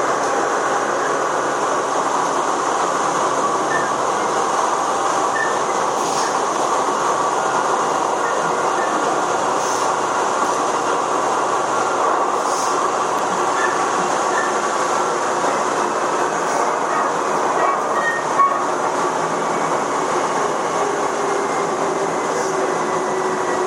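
A Chichibu Railway 7500 series train running between Hanyu and Kumagaya, with a steady, dense roar of wheels and motor that holds an even level throughout. Faint clicks and knocks from the track come through every few seconds, most clearly around 6, 12 and 18 seconds.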